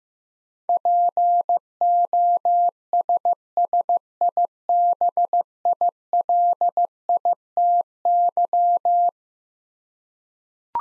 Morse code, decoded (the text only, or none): POSSIBILITY